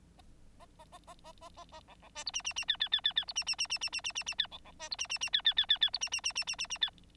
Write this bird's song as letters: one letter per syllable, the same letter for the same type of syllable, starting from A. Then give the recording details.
A A A A A A A A B B C D E E E F F F F F D E E E E E E E E E F B B C D E E E F F F F F D E E E E E E E F. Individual Bird9